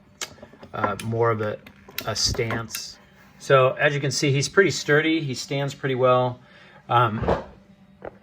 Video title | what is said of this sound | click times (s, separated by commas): Bumblebee Movie Optimus Prime OS KO Aoyi Review | he's got some really good ratcheting joints these pop into place too if you want more | 0.2 s